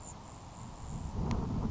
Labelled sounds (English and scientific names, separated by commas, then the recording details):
Grasshopper Sparrow (Ammodramus savannarum)
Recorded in Sonoma County, California